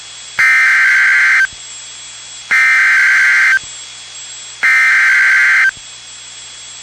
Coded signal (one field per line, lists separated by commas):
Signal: Emergency Alert System (SAME) tones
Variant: header bursts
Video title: Real NOAA Weather Radio EAS Alert #182